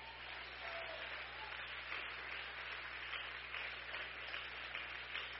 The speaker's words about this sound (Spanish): Dele aplauso al que vive.